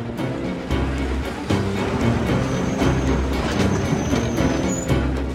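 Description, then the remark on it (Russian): A tram rolls along its rails with a steady low rumble and rhythmic clattering, while thin, high-pitched wheel squeals drift in and out. No one speaks. “Трамвай останавливается.”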